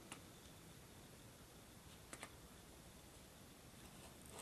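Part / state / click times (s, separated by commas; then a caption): tablet into keyboard dock hinge connector / not seated / none. A Transformer Prime tablet is handled over its keyboard dock hinge connector after the protective inserts have been removed, with light plastic taps near 0.1 s and 2.1–2.2 s over a steady low background hiss. Nothing has seated or clicked yet.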